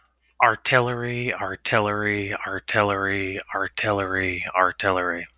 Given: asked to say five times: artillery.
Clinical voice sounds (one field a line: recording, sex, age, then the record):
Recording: repeated word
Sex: male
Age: 30 to 39 years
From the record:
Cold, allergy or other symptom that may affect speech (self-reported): no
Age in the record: 32 years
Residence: North Carolina, United States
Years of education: 16